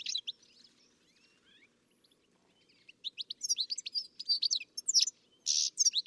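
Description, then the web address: Bird chirping, faint scattered notes at first, then a burst of quick, high, sharp calls and a brief buzzy note in the final three seconds. "Deverinetal. Bird Only"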